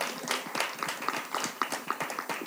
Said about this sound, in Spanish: Un aplauso para las chicas que organizaron todo esto, no sé. Terminar de la mejor manera todo.